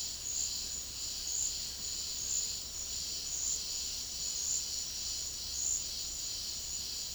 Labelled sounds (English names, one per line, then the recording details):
none
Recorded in dense forest near Puerto Asís, Putumayo, Colombia, on 19 February 2024 at 09:30
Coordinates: 0.485, -76.325
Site G6429